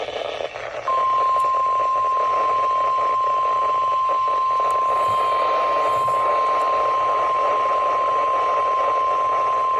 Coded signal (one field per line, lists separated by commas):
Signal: Emergency Alert System (SAME) tones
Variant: 1050 Hz attention tone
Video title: Multicellular Misery - EAS Alerts from 8/30/24 || EAS 1,449-1,465